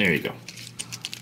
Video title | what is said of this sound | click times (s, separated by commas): Video Review for Legacy United - Sandstorm | same thing here snaps bring the legs together Peg them in so we have that now | 1.1 s